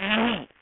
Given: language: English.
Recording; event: throat vibration sensor signal played as sound; throat clearing